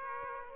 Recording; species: mosquito wingbeat signal from an infrared sensor; Aedes aegypti